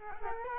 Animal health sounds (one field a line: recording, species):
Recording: mosquito wingbeat signal from an infrared sensor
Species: Culex quinquefasciatus